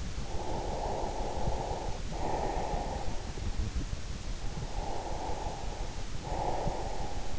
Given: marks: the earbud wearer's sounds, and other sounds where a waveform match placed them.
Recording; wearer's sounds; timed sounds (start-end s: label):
sounds in sleep by an in-ear microphone; breath
0.11-3.62 s: breath
4.53-7.39 s: breath